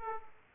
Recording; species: mosquito wingbeat signal from an infrared sensor; Aedes aegypti